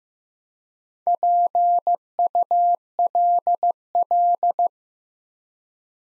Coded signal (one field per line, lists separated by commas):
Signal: Morse code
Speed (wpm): 15 wpm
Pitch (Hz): 700 Hz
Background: none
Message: PULL